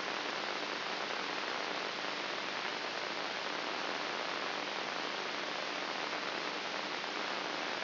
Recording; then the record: brain microelectrode recording played as sound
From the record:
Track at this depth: inside the subthalamic nucleus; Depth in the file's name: 4.84 mm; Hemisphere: right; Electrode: 3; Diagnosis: Parkinson's disease